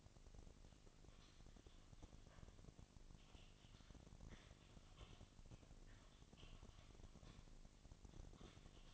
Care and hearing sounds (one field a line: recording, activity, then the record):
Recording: daily activity, microphone in the room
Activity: typing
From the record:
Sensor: 4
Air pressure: 1000.0 hPa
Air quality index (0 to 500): 230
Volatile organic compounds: 30 ppm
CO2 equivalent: 2967 ppm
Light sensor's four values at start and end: 9/21/8/8 and 9/21/8/8